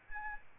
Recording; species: mosquito wingbeat signal from an infrared sensor; Aedes albopictus